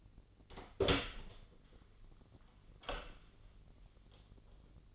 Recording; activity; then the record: daily activity, microphone in the room; open door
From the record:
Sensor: 4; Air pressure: 1010.0 hPa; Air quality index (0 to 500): 190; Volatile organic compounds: 3 ppm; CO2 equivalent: 1361 ppm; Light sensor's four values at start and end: 33/81/33/35 and 31/75/31/32